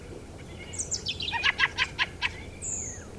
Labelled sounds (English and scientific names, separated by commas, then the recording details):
European Robin (Erithacus rubecula), Fieldfare (Turdus pilaris), European Starling (Sturnus vulgaris), Redwing (Turdus iliacus)
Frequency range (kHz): European Robin (Erithacus rubecula) 2.3-8.8 kHz; Fieldfare (Turdus pilaris) 0.5-8.6 kHz; European Starling (Sturnus vulgaris) 1.3-2.8 kHz; Redwing (Turdus iliacus) 5.9-8.9 kHz
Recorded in France